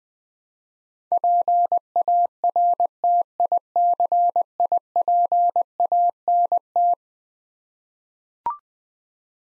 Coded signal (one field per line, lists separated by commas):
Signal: Morse code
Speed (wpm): 20 wpm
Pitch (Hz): 700 Hz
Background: none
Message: PARTICIPANT